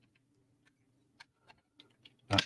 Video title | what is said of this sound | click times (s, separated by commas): ICM B-26 24h build Part 3 - Penultimate stream | that's I think snapped into place there | 2.4 s